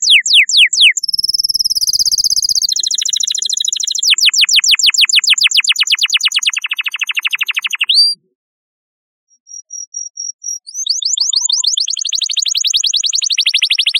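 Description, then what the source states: Canary song with quick falling sweeps, a dense buzzy trill, a rolling run of rapid notes, a short silence, then a few thin whistles and another fast chattering trill. Chirping song.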